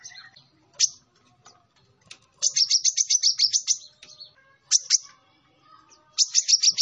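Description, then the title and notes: Sunbird song: scattered high chips break into rapid high trills twice, with sharp single notes in between. Indonesian 'kolibri ninja' master recording with full 'isian' and 'tembakan' song, described as 'gacor' (singing vigorously), intended as a lure for training other birds. "MASTERAN KOLIBRI NINJA TERBAIK FULL ISIAN DAN TEMBAKAN MEWAH COCOK BUAT PANCINGAN. Suara Burung Kolibri Ninja Gacor"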